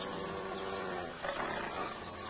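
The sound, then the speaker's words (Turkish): A rabid dog growls and snarls as it comes toward a person, a harsh, continuous, rumbling stream, loud and steady for about two seconds with a brief rise in intensity midway. “Köpek bana doğru geliyor.”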